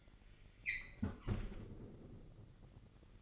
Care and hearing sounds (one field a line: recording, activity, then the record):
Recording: daily activity, microphone in the room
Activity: close fridge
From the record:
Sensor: 4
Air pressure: 1002.8 hPa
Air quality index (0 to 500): 240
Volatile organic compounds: 17 ppm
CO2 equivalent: 2570 ppm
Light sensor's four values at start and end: 4/10/4/4 and 4/11/4/4